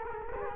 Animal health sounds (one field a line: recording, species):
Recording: mosquito wingbeat signal from an infrared sensor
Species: Culex quinquefasciatus